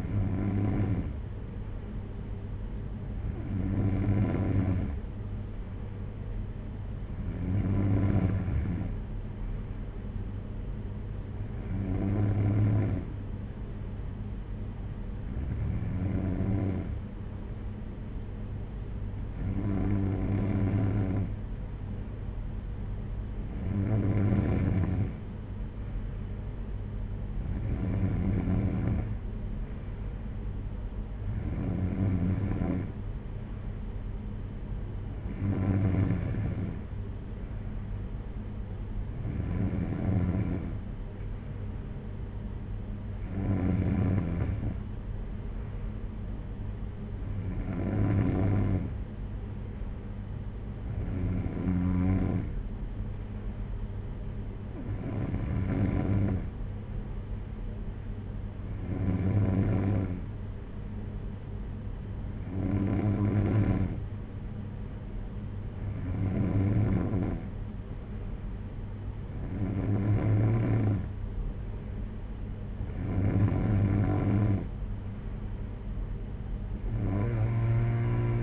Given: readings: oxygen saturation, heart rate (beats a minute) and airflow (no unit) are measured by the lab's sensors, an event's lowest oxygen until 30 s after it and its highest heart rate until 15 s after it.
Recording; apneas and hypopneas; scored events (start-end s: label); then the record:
breathing in sleep by a smartphone at the bedside; none
none scored
From the record:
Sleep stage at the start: N3 (deep sleep); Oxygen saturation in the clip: 93 to 94%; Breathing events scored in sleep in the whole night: 226 in 8.8 hours asleep